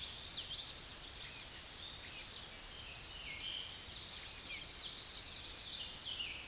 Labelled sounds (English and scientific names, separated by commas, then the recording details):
Chestnut-sided Warbler (Setophaga pensylvanica) song
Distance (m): 50 m
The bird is about 15 m above the microphone
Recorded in a Pennsylvania forest on 16 May 2024 at 09:21
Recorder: AudioMoth, point MSD-2494
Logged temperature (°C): 15.6 °C
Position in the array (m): 162 m, 208 m